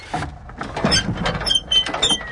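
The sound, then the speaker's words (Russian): Continuous mechanical rattling and creaking from an attic overhead as a man bangs things about up there, with irregular clunks and scraping plus thin, high-pitched squeaks, steady and fairly loud throughout, no voices present. “колдун чем-то грохотал, скрипел и трещал над их головами.”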